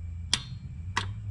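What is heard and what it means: A click-type torque wrench set to 13, nine pounds below spec, is turned on the accessory belt tensioner of a 1UZ engine to test it. The wrench gives a sharp click at 0.3 s, showing that 13 is enough torque to move the tensioner and that its tension is not proper; at a setting of 22 it would not click at all. A second, slightly softer click follows at 1.0 s over a low background hum.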